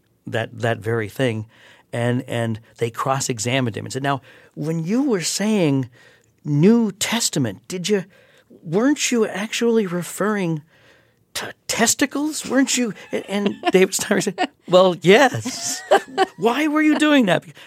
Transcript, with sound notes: that very thing. And they cross-examined him and said, now, when you were saying New Testament, did you - weren't you actually referring to testicles? Weren't you - and David Steinberg said, well, yes.
(Laughter).
Why were you doing that?